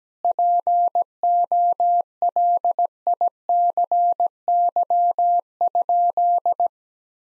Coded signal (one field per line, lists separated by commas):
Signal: Morse code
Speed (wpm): 17 wpm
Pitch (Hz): 700 Hz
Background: none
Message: POLICY?